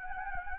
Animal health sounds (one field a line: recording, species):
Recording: mosquito wingbeat signal from an infrared sensor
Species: Anopheles gambiae